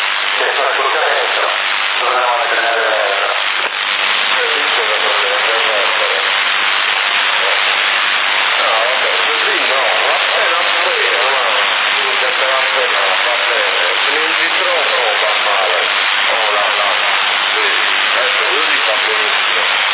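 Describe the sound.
A voice comes over a CB radio in Sassari, Italy, in May 2008, through a thick bed of hissing static, narrow and tinny, with an echoing reverb trailing the speech steadily for the whole stretch.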